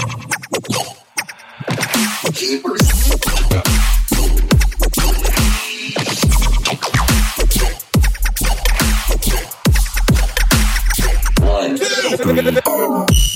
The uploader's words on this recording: Robot noises.